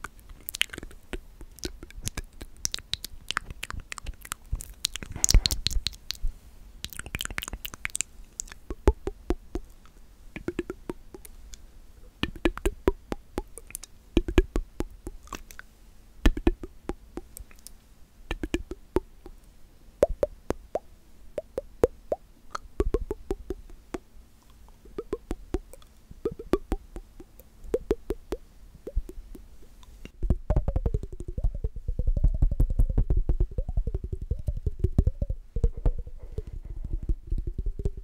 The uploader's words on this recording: ASMR The MOST Accurate MOUTH Sounds ($1 Mic VS $200 Mic).